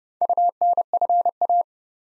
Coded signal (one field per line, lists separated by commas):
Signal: Morse code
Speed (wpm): 30 wpm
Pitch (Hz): 700 Hz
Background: none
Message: UNFA